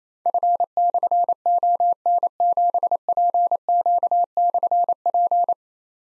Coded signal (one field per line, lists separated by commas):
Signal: Morse code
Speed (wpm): 27 wpm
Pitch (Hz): 700 Hz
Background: none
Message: F/ON7PQ/P